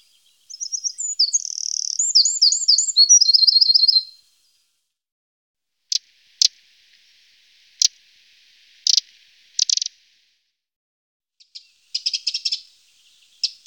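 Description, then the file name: Eurasian wren song: a fast, loud burst of high trills and warbles lasting about three and a half seconds, followed by scattered short sharp ticks and a brief buzzy trill near the end. "Zaunkoenig"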